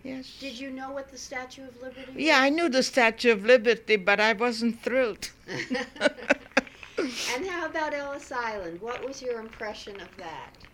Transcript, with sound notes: Did you know what the Statue of Liberty was?
Yeah. I knew the Statue of Liberty, but I wasn't thrilled. (both laugh)
And how about Ellis Island? What was your impression of that?